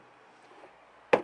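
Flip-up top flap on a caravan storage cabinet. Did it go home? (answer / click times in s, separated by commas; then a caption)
no / none. A flip-up top flap on a caravan storage cabinet with drawers, a furniture panel in a 2021 Swift Sprite Alpine 2, is pushed closed after a quiet stretch. It knocks shut with a single loud hit at about 1.1 s, but the flap does not latch and nothing has seated or clicked, so it appears to need adjusting.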